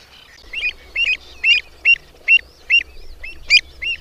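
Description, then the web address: Pied avocet calling with short, bright, fluty notes repeated roughly twice a second in a steady series. "Madardalok Cd 3. Gulipán"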